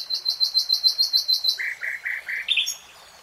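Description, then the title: Nightingale song: a steady run of fast high chirps, then four lower buzzy notes and a final upslurred phrase. "[Tiếng chim hót] REALTIME Nightingale Singing"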